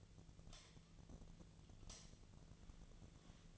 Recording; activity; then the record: daily activity, microphone in the room; light on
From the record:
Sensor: 4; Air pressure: 1010.6 hPa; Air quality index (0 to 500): 173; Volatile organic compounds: 5 ppm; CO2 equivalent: 1760 ppm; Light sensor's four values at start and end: 37/106/42/43 and 37/107/43/43